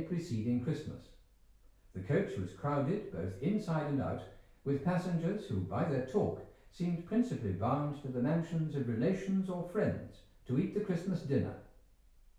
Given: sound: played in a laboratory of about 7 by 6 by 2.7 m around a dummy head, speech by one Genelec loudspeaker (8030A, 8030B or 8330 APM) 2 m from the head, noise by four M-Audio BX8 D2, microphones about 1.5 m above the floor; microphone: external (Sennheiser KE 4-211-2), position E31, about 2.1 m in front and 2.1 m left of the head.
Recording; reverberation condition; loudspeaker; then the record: male speech in English; medium; 90 degrees to the left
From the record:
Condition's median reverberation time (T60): about 510 ms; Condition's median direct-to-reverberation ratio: about -0.5 dB